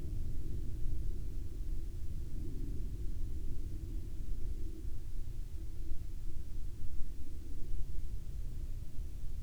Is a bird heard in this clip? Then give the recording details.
no. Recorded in the Prudhoe Bay oil fields, Alaska, on 12 May 2019 at 16:24. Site 13